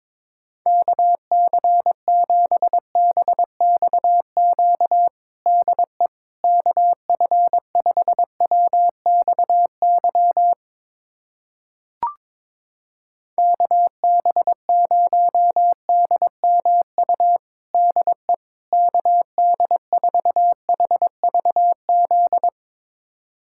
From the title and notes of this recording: USA Callsign DE Callsign 22wpm. First, the call sign pair is sent in Morse code.